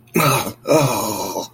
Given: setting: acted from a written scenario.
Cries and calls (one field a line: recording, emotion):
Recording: vocal sound without words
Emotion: confusion